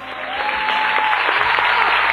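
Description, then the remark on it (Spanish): Audience applause for a singer after his first appearance at CDMX, La Casa Radio, fills the moment, a dense, steady wash of clapping that swells slightly and holds at a fairly loud level throughout, with no voices speaking. “Bueno, pues vamos a darle las gracias y brindarle un aplauso, ¿no?”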